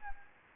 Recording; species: mosquito wingbeat signal from an infrared sensor; Anopheles gambiae